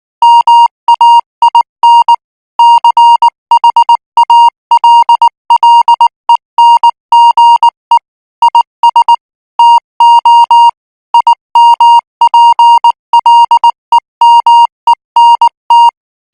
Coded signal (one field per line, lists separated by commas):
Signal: Morse code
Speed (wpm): 19 wpm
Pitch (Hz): 940 Hz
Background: music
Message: MAIN CHALLENGE IS TO IMPLEMENT